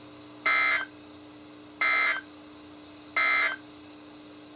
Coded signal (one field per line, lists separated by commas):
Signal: Emergency Alert System (SAME) tones